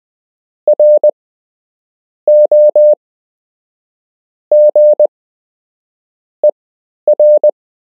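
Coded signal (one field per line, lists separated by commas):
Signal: Morse code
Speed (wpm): 20 wpm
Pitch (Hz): 600 Hz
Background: none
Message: ROGER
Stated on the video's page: Morse code lesson for beginners with structured practice.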